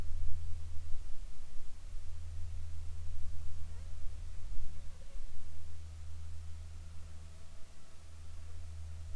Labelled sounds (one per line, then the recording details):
aircraft
insects
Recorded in the Arctic National Wildlife Refuge, Alaska, on 7 July 2019 at 19:24
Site 41